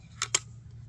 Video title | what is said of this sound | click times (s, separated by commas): RIA Traditional Single Shot 12 Gauge Review & Shoot | you hear it click it's locked | 0.3 s